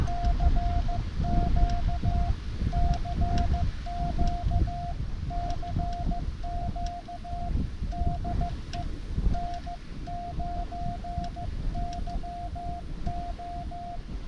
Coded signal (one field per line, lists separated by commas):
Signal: Morse code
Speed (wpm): 15 wpm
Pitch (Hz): 700 Hz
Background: none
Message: CQ CQ CQ DE N9YO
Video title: Epic Cold Water Springs Adventure In A Jeep With Ham Radio